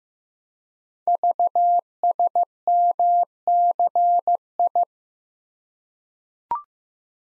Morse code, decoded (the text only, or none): VSMCI